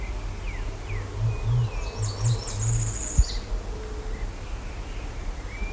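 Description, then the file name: Bird song: a quick, high, buzzy trill of about a second, with brief sliding whistles scattered around it and a low droning background. "SABIOD 50 bird 2015"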